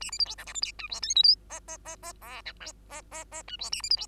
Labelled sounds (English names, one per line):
Bengalese Finch song